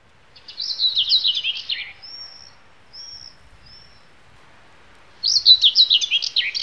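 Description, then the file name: Common whitethroat, a scratchy warbling phrase, then a few faint thin notes, then another quick chattering burst. "Sylvia Communis Slavka Gray"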